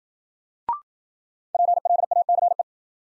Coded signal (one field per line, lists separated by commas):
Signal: Morse code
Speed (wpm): 53 wpm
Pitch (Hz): 700 Hz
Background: none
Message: PLACE